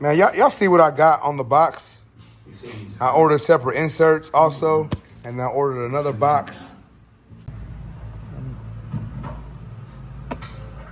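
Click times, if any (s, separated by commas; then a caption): 10.3 s. Someone talks, then a foam or plastic insert is pushed firmly into a clipper charging box amid handling noise. It clicks into place at 10.3 s, seated after a hard push.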